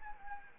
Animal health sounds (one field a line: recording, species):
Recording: mosquito wingbeat signal from an infrared sensor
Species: Anopheles arabiensis